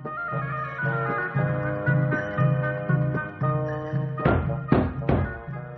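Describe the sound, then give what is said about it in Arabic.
Three heavy knocks on a loose, rickety wooden door of a house land near the end, loud and uneven, over a steady tonal music bed that plays throughout. “اما خبط تاني. يا ساتر، ده الباب مخلع، ولو خبطت جامد شويه ممكن يتخلع.”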